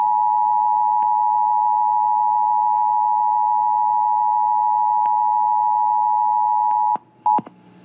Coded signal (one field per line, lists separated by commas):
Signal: Emergency Alert System (SAME) tones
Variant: 853 and 960 Hz attention tone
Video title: THE END IS NIGH EAS